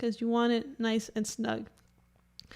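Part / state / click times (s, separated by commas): 3D printed helmet center piece into helmet shell / seated / 2.4 s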